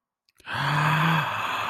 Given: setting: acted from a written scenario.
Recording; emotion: vocal sound without words; awe